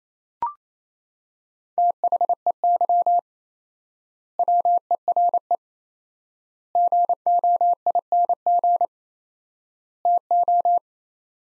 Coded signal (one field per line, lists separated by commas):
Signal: Morse code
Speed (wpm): 28 wpm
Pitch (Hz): 700 Hz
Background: none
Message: THEY WERE GOING TO